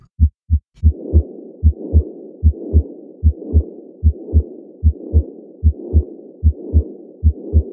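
Heart by stethoscope, rate about 75 per minute. Continuous machine-like murmur spanning systole and diastole, from blood flowing continuously from the aorta into the pulmonary artery through a patent ductus arteriosus. Best heard in the subclavicular region.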